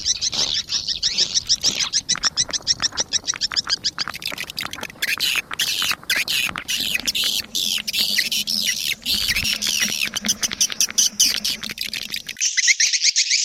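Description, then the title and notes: Swiftlet twittering calls: dense, high chirps mixed with rapid clicking, a steady low hum in the middle section, and an abrupt drop to only high chirps near the end. Sound used for swiftlet farming in Asia. "Swiflet Bird Sound. Farming Swiflet Bird asia sound"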